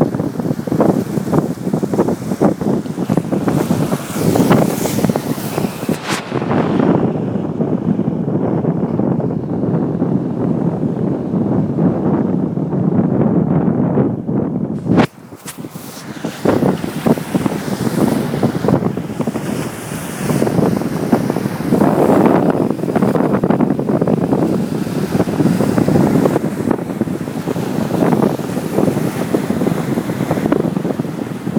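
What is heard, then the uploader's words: Waves wash against rocks with steady churning surf and gusty wind buffeting the microphone, briefly muffled mid-clip before the roar resumes. On the rocks at Avon Beach by Dave Haynes.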